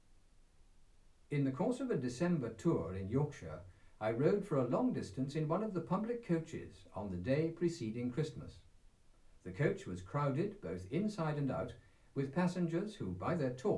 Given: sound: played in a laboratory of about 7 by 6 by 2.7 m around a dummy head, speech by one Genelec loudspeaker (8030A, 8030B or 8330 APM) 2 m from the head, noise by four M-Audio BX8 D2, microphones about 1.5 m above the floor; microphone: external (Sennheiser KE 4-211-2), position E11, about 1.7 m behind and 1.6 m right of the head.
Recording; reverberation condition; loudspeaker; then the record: male speech in English; low; in front (0 degrees)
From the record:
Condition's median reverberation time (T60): about 310 ms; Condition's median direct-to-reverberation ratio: about 3.5 dB